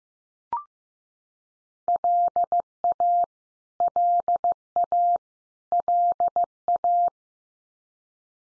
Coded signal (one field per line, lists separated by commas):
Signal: Morse code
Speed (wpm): 15 wpm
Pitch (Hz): 700 Hz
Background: none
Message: LA LA LA